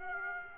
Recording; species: mosquito wingbeat signal from an infrared sensor; Aedes aegypti